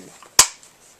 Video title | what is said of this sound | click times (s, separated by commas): AK74 :: From Traditional To Modern :: Musty Yeti | you guys heard that thing snap | 0.4 s